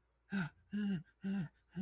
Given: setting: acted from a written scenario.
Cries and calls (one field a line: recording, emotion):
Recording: vocal sound without words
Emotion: fear